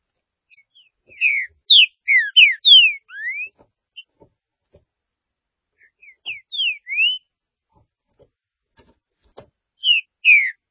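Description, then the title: Green-winged saltator song of quick, loud whistled slurs ending with a long upslur, repeated after a pause amid a few faint clicks. "Trinca Ferro"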